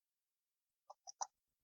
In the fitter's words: et là on vient tout simplement clipser